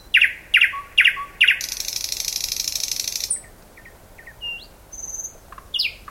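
Thrush nightingale song opening with four loud knocking chuck notes, followed by a long harsh buzzing rattle, then scattered soft whistles and thin slurred notes.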